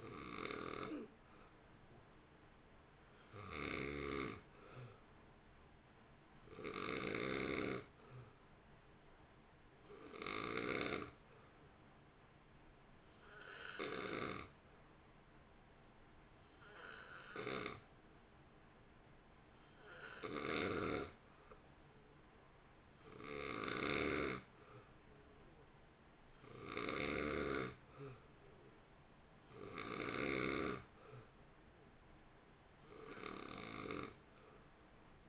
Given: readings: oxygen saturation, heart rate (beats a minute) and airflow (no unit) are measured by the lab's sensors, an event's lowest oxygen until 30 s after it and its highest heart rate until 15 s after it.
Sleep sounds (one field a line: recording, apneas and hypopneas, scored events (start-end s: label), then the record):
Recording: breathing in sleep by a voice recorder at the bedside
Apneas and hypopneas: 1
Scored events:
14.00-24.70 s: hypopnea (N2, oxygen 91% highest, then 88% lowest, heart rate 57 at the start, 58 highest)
21.00-35.28 s: new sleep stage, N1 (lightest sleep)
From the record:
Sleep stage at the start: N2 (light sleep)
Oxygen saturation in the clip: 89 to 92%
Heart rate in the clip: 55 to 58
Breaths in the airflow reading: 13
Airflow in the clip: -1.5 to 1.1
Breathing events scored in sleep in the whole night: 328 in 6.3 hours asleep